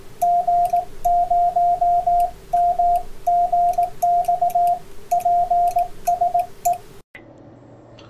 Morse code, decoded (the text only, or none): G0MGX PSE